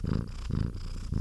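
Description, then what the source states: Cat purring: a deep, steady rumbling purr. Happy cat, purring.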